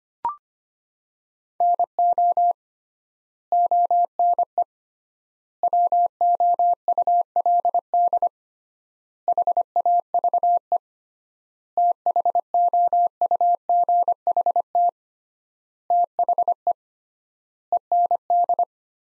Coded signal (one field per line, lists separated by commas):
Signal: Morse code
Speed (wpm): 25 wpm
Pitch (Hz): 700 Hz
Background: none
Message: NO ONE WOULD HAVE THOUGHT THE END